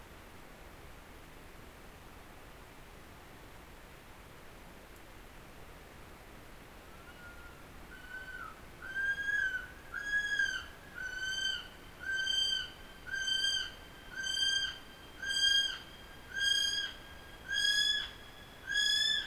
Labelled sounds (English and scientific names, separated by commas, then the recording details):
North Island Brown Kiwi (Apteryx mantelli) male call
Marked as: faintness 1/5
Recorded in New Zealand on 19 October 2013
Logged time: 01:58
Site CR37